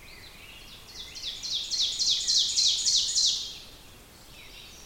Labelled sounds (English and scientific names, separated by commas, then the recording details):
Ovenbird (Seiurus aurocapilla) song
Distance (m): 25 m
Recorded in boreal forest in Alberta, Canada, on 5 June 2016 at 07:12
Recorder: SongMeter 3, array SBT-3-51
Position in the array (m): 262 m, 116 m
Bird 28